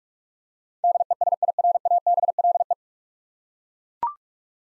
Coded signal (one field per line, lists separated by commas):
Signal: Morse code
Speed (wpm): 42 wpm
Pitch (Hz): 700 Hz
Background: none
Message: DESIRABLE